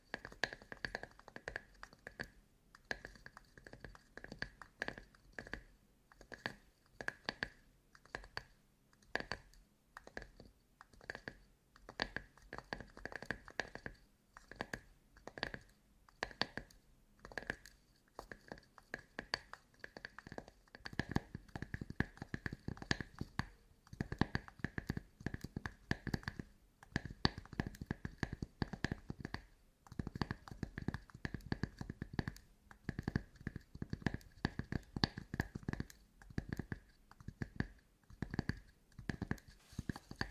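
Tapping in quick, uneven bursts, a dense patter of short knocks with brief pauses between clusters throughout. After about twenty seconds the taps grow heavier and fuller, with more low thump beneath them. A faint steady tone sits in the background.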